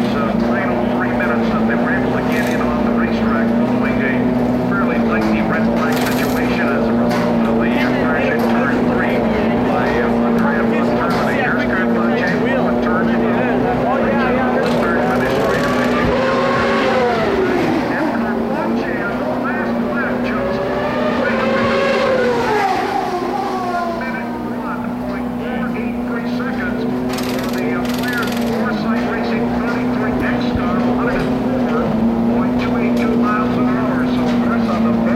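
Turbocharged V8 race cars idle and rev in a steady, dense rumble with a strong low hum throughout. Around 16 and 22 seconds engine pitch sweeps down and up as cars pass or rev, with voices and sharp bright bursts scattered across the clip.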